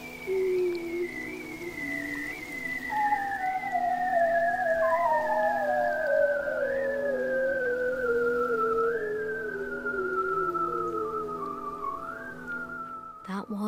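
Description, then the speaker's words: Bearded seal song underwater: long, slowly descending warbling trills that overlap one another, gliding down over many seconds, ending with a sharp click. Several bearded seals singing in Arctic darkness under sea ice near Svalbard, 80 degrees north; recorded with underwater hydrophones. "And the hydrophones below the surface collect the remarkable, haunting voices of bearded seals singing in the darkness."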